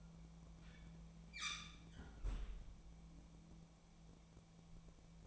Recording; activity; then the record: daily activity, microphone in the room; close fridge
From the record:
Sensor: 1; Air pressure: 1000.1 hPa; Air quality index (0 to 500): 134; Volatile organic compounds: 2 ppm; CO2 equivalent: 1272 ppm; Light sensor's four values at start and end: 37/94/39/48 and 37/94/39/48